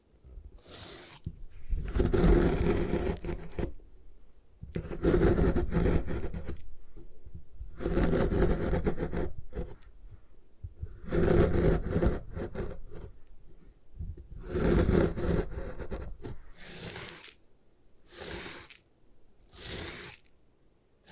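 Gym chalk is crushed and rubbed in a series of gritty, scraping bursts, each lasting one to two seconds with short silences between. The strokes are coarse and full-bodied at first, then grow shorter, thinner and quieter toward the end.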